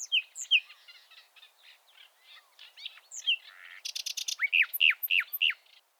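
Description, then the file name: Common nightingale song with varied soft twitters and scratchy notes, then a burst of rapid high notes and loud, arched whistles repeated in quick succession. "Luscinia megarhynchos"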